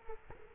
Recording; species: mosquito wingbeat signal from an infrared sensor; Culex quinquefasciatus